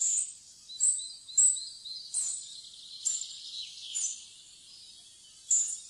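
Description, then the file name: Spotted flycatcher giving a series of sharp, very high squeaky calls, unevenly spaced, with a gap before a final note. "graa fluesnapper"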